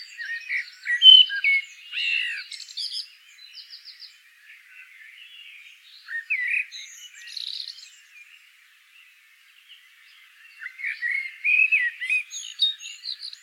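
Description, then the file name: Common blackbird song with mellow warbles and scratchy high flourishes, given in separate phrases with quiet intervals between them. "Turdus merula"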